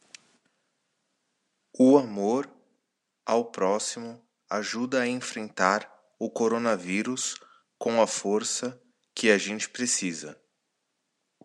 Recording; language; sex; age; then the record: spoken sentence; Brazilian Portuguese; male; 30 to 39 years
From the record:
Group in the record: control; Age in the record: 35 years